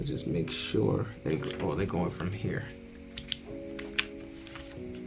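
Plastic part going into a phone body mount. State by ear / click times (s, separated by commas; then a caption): not seated / none. Someone talks over background music while handling plastic mount parts for a Vamson phone body mount, fitting a plastic part into the mount. Several small plastic taps and knocks sound around 3.2, 3.3 and 4.0 seconds, but nothing has seated or clicked home yet.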